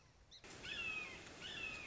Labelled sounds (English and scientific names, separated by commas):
Red-shouldered Hawk (Buteo lineatus)